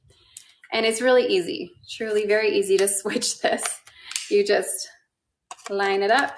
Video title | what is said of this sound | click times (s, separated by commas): ✨ WE’RE GOING LIVE AT 2PM — STYLING TUTORIAL EDITION! ✨ | and spin, and it locks in place. | 0.4 s